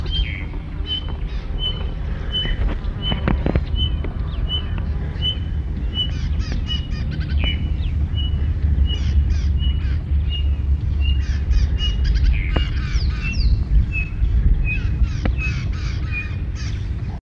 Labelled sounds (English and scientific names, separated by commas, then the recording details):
Pririt Batis (Batis pririt) call
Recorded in captivity
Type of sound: call
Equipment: Halbspur, 9,5 cm/s
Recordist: Lütgens, Hans
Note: Süd-West